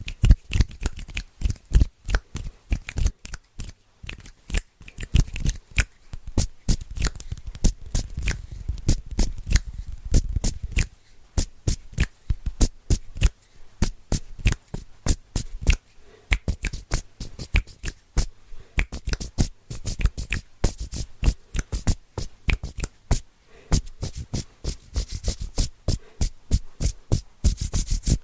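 Fast, layered hand sounds: quick dry taps and rubs come in dense, rhythmic bursts for the whole clip, crisp. A soft low rumble sits under the first ten seconds, and brief pauses break the pattern around 11, 16 and 23 seconds.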